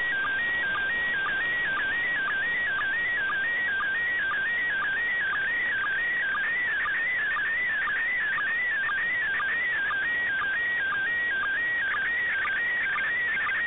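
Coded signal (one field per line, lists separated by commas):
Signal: SSTV (slow-scan television)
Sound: warbling whistle-like tone sliding up and down, with short low sync chirps about twice a second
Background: radio static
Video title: Decoding the ISS SSTV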